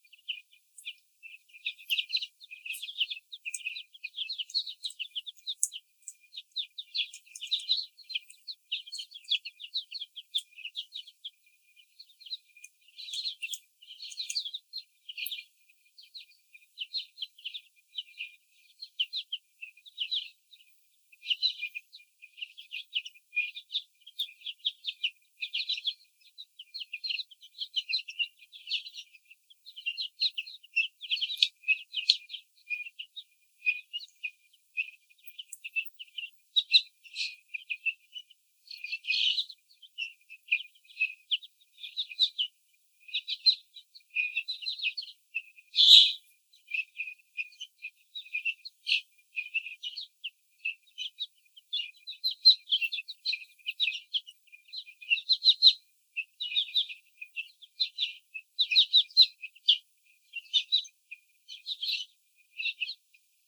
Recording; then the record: young laying hens in a cage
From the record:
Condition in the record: before the stressor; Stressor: sudden umbrella opening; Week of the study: 3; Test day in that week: 2